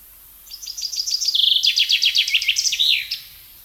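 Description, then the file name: Common chaffinch song, a rattling series of quick repeated notes dropping in pitch, shifting to a lower phrase and closing with a brisk terminal flourish. "Fringilla coelebs"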